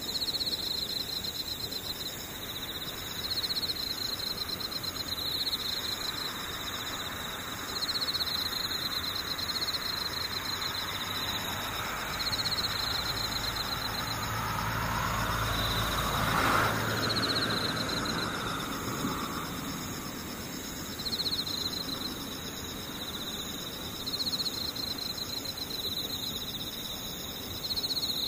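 Insects trill in a steady, high-pitched chorus of overlapping layers, while a vehicle swells past around the middle and fades away.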